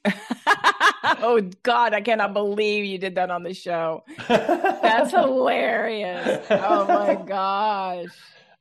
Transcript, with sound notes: Oh, God. I cannot believe you did that on the show.
(laughs)
That's hilarious. Oh my gosh.